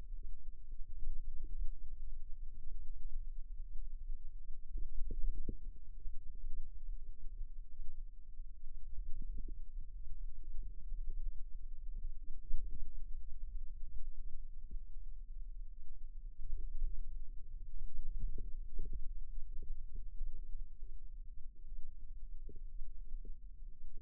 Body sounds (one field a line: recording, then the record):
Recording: forearm muscle sounds (acoustic myography)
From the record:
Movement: inward rotation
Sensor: system 2, bracelet of six BSWA MPA416 microphones around the upper forearm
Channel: 1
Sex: female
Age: 22 years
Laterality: right